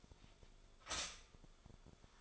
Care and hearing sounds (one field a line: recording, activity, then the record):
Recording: daily activity, microphone in the room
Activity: stop toaster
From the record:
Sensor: 5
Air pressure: 1014.8 hPa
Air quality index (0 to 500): 197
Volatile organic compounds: 8 ppm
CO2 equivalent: 2092 ppm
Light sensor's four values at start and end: 16/37/14/13 and 16/37/14/13